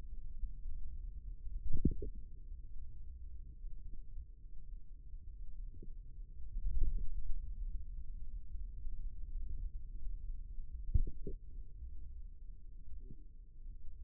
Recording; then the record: forearm muscle sounds (acoustic myography)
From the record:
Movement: ulnar deviation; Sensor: system 2, bracelet of six BSWA MPA416 microphones around the upper forearm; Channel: 4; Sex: male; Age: 22 years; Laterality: right